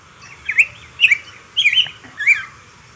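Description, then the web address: Southern yellow grosbeak giving four short, rich whistled phrases, each slurred and warbling, spaced about half a second apart. Recorded in Ecuador. "Birds of Ecuador. Southern Yellow Grosbeak"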